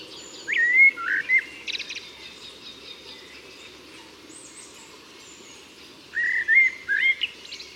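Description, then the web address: Common blackbird giving mellow rising and falling fluted phrases with scratchy twittered endings, two bouts separated by a long quiet gap. "SETE data Turdus merula"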